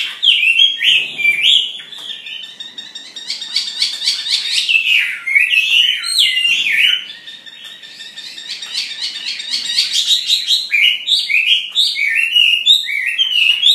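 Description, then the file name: Chinese hwamei in a long, fast, varied song of slurred whistles, chattering notes and repeated rising phrases, nearly continuous throughout. "hwamei omkicau"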